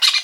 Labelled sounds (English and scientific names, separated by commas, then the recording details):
Brown-throated Parakeet (Eupsittula pertinax) contact call
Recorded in Venezuela
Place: Guárico; Corozopando; Fundo La Fe
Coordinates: 8.506, -67.593